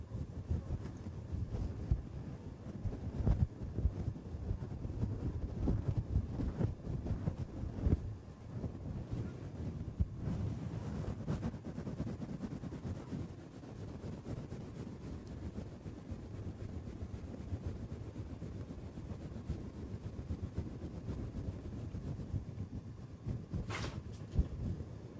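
Scratching and rubbing directly on the microphone, a dense, continuous rumble of low scrapes that rarely lets up. Sharper taps and scratches stand out now and then, including a bright scrape near twenty-four seconds, with a steady rustling hiss underneath.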